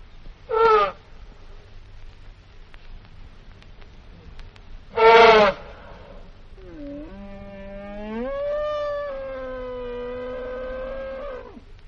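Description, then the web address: Elephant giving two short, brassy trumpet blasts several seconds apart, followed by a long, drawn-out tonal trumpet. "zvukt kogato slont trbi"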